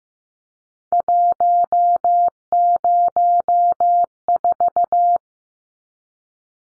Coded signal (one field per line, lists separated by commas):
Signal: Morse code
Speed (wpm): 15 wpm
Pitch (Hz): 700 Hz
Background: none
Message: 104